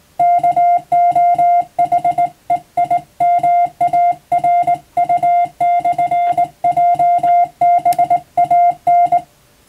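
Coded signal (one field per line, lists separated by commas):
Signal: Morse code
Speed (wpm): 20 wpm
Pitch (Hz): 700 Hz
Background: music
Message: KOHEIMARU/JBAN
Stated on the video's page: Morse practice recorded from amateur radio on the air.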